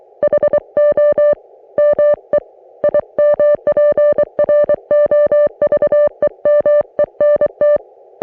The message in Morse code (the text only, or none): HOME IMPROVEMENT